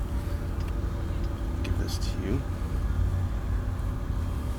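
A crimped terminal pin that had backed out of a wiring harness connector on a race car is handled beside the plastic connector housing, with brief handling noises over a steady low rumble while someone talks briefly. Nothing has seated or clicked into the housing yet.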